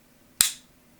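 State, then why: Seated. During reassembly of a Walther-made Colt Rail Gun 1911 .22LR pistol, the slide stop is lifted slightly and pushed into the frame until it clicks. A single loud, sharp snap at 0.4 s rises abruptly out of near-silence and fades within about a quarter second. The slide stop seats home, standing out a little on the other side as it should.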